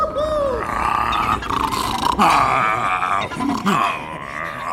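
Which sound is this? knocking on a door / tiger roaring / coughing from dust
tiger roaring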